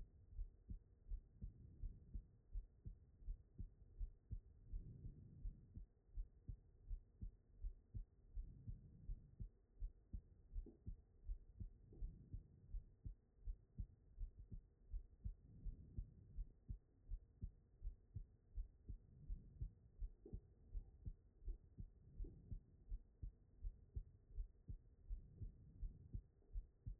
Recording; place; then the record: heart sounds by stethoscope; aortic valve (AV)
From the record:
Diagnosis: non-HFrEF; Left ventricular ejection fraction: 50%